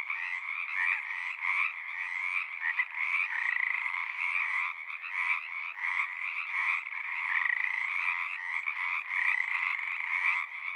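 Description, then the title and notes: Pacific tree frogs calling en masse, repeated raspy croaks forming an unbroken, pulsing chorus. Large raucous community singing at the Frog Ponds of Magnusson Park, Seattle, Washington; recorded ORTF with a pair of Røde NT5 microphones on a Sound Devices 702. "Pacific Tree Frog. One local community here in Seattle is located in the Frog Ponds of Magnusson Park. Go there any spring or summer day near dusk or pre-dawn and you'll hear them singing their little hearts out"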